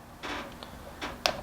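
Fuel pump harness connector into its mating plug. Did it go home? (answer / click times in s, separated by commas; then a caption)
yes / 1.3 s. During a Walbro 450 fuel pump swap on an Evo X / RA, a plastic wiring connector on the newly spliced fuel pump harness is pushed onto its mating plug. Soft handling rustles and a faint tick at 0.6 s come before a sharp snap at 1.3 s. The connector is seated.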